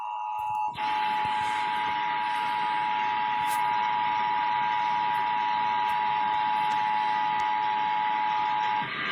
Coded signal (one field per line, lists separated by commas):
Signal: Emergency Alert System (SAME) tones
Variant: 853 and 960 Hz attention tone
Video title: EAS Required Monthly Test (11/5/2019)